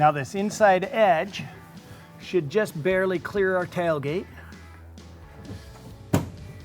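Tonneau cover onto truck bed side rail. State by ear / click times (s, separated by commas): seated / 6.1 s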